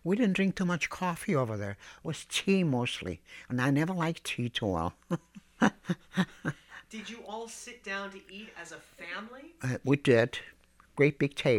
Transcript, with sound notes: We didn't drink too much coffee over there. It was tea mostly, and I never liked tea too well. ( he laughs )
Did you all sit down to eat as a family?
We did, a great big table.